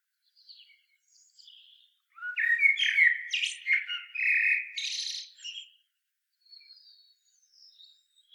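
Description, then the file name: Common blackbird song: one loud phrase of fluting notes and high squeaky trills, framed by faint, soft twitters before and after. "Turdus merula"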